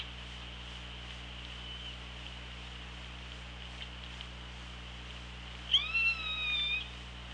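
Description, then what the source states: Killer whale pulsed call, one harmonic-rich call near the end lasting about a second, set against steady underwater hiss and low hum. Recorded on the Orca Lab hydrophone, 24 August 2017 at 16:09.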